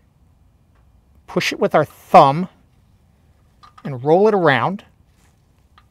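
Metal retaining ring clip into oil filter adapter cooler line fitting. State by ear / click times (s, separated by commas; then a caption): not seated / none. A new metal retaining ring clip is being pushed in with the thumb and rolled around into the oil cooler line fitting on the oil filter adapter of a 1996–2000 GM OBS 4WD K truck with a Vortec V8 5.0L/5.7L, during an oil filter adapter leak repair. Someone talks in two short bursts over a quiet background, with only faint brief ticks near the end. Nothing has seated or clicked yet; the clip is still being handled.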